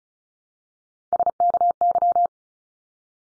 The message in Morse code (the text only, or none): SKY